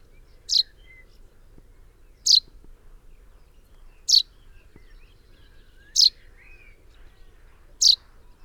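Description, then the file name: Common chaffinch call: short, sharp, high notes sweeping downward, repeated about every two seconds, five notes in all. "Fringilla coelebs"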